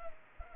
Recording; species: mosquito wingbeat signal from an infrared sensor; Culex pipiens